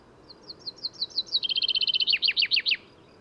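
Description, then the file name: Common chaffinch song with accelerating high notes leading into a rapid trill and several loud, dropping end notes, about two and a half seconds. "Fringilla coelebs"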